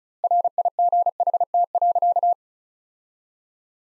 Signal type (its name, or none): Morse code